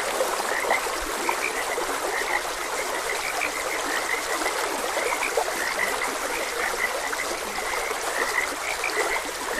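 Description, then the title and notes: Frogs croak in short, repeated bursts at a steady pitch, mingling with the unbroken trickle and rush of a stream. Frogs croaking beside a gentle stream. "Gentle Stream and Frogs Croaking. Calming Sounds of Nature. Sleep and Relaxation Podcast"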